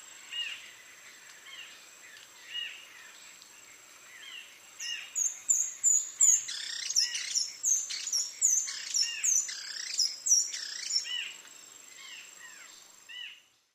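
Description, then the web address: Speckled spinetail: a long series of shrill, squeaky chattering notes repeated quickly for about six seconds, with softer chirps before and after and a persistent high whine. "sound Speckled-spinetail. صدای-پرنده-دمخاری-خالدار"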